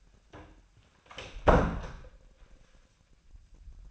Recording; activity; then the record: daily activity, microphone in the room; close door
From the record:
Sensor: 2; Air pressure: 1009.1 hPa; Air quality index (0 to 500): 179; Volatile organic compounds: 2 ppm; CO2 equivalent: 1304 ppm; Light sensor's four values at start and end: 34/89/38/41 and 34/89/38/40